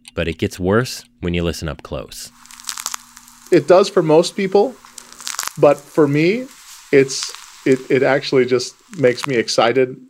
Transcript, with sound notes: But it gets worse when you listen up close. [knee-cracking recording] "It does for most people. But for me, it just makes me excited."